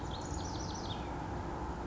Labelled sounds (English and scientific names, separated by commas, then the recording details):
House Wren (Troglodytes aedon)
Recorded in Sonoma County, California